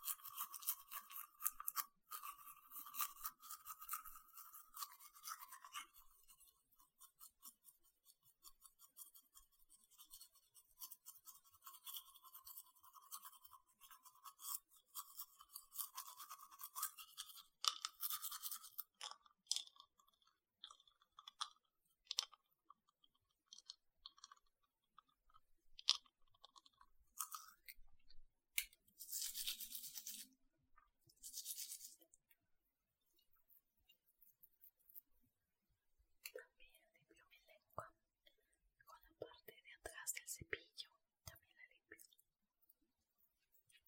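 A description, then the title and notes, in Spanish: Someone brushes their teeth with fast, steady scrubbing for about eighteen seconds, then sporadic brushing, mouth sounds and short bursts of water follow. ASMR Cepillo mis dientes. Sonidos de cepillo, agua, y boca.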